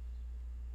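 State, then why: Not seated. A Boker Plus The Brook fixed-blade knife with VG10 steel and G10 handles is handled at its kydex sheath. Only a steady low hum and faint background noise are heard over the 0.8 seconds. The knife has not seated or clicked into the sheath yet.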